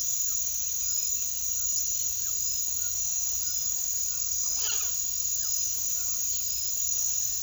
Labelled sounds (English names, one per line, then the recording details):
White-throated Toucan
Mealy Parrot
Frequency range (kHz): White-throated Toucan 0.7-2.0 kHz; Mealy Parrot 0.2-5.4 kHz
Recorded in secondary vegetation near Puerto Asís, Putumayo, Colombia, on 18 February 2024 at 08:00
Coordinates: 0.500, -76.326
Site G6428